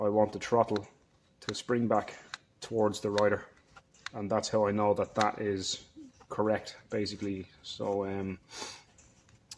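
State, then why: Seated. Someone talks while a rebuilt plastic throttle housing with its return spring set, from a first-generation Eelo 1885 e-bike, is turned 90 degrees and pressed into the back of the LCD display unit. A sharp click at 9.5 s marks the housing seating firmly into the LCD unit.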